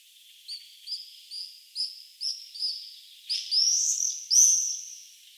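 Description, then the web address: Common swift calls, about six short high screeches spaced roughly every half second, then louder, longer shrill screams near the end. "vogelstimmen mauersegler nabu lars lachmann"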